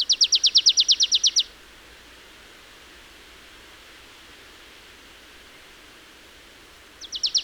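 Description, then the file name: Marsh tit giving a loud rattling trill of rapid, regular chips, followed by a long quiet gap and the start of another trill at the end. "Poecile palustris"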